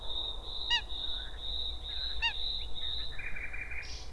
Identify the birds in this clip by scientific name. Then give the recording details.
Luscinia megarhynchos, Fulica atra. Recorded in France